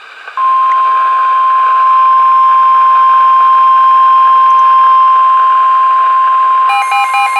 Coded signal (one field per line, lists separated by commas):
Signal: Emergency Alert System (SAME) tones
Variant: 1050 Hz attention tone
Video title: Tornado Warning (EAS #2,207) - March 18, 2020